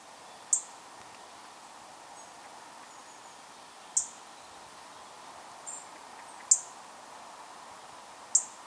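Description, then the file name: European robin tick calls: sharp, very high clicks, four in all, spaced a few seconds apart over a quiet background hiss. "Erithacus rubecula"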